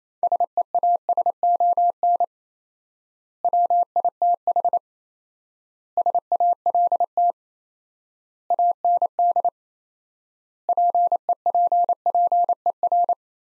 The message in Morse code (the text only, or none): SEASON WITH SALT AND PEPPER